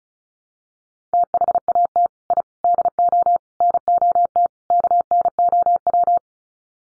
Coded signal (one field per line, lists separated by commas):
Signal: Morse code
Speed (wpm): 34 wpm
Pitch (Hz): 700 Hz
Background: none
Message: THAT I DO NOT KNOW